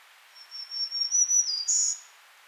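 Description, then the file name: Black-throated green warbler song, thin and wheezy, several buzzy pulses on a high pitch followed by a dip and a final higher buzz, in a quiet background. "Setophaga virens - Black-throated Green Warbler"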